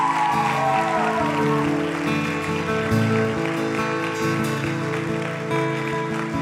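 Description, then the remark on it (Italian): An audience claps loudly and steadily in applause to God, a dense wash of applause layered over sustained, chord-like music that holds throughout, with no talking. “Sì, possiamo fare un applauso.”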